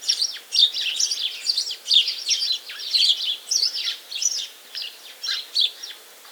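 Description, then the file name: House sparrow chirps, a dense stream of short, bright notes in clustered bursts. "Passer domesticus"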